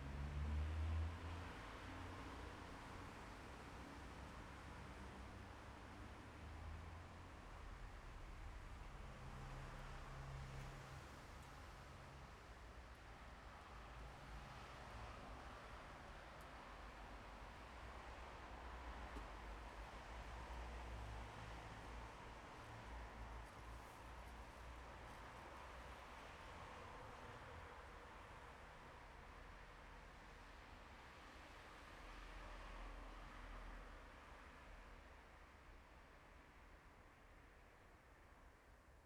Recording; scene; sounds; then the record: everyday scene through a hearing-aid microphone; in traffic; traffic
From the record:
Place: bus stop on a city main road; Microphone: behind the ear, left, front